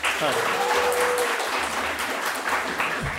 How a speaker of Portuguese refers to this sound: É, e como toda competição de palmas, ganha quem faz mais. Não é palmas, ganha quem faz. Quem é educado e só bate palma perde.